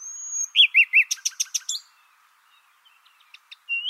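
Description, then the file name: Common Nightingale song: a thin whistled note, then three rich looping notes and a fast series of rattling repeated notes, a pause, faint clicks and a rising whistle. "Luscinia megarhynchos"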